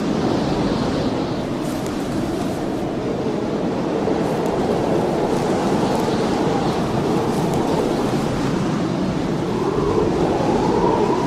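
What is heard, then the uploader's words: A howling blizzard roars without pause, a dense, steady rush of wind that stays loud throughout. The low rumble dominates, with a faint higher whistle rising and falling through the middle and a brief moaning swell near the end. Howling Blizzard Sounds | Heavy Wind & Snow.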